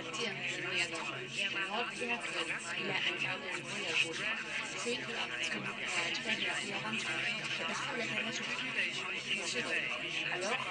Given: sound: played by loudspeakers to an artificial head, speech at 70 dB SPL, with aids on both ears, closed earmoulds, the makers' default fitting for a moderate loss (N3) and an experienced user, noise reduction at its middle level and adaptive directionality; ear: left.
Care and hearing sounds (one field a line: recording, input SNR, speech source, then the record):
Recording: speech test signal (ISTS) in cocktail-party noise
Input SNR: -3 dB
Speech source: on the right (90 degrees)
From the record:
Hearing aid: class 2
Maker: G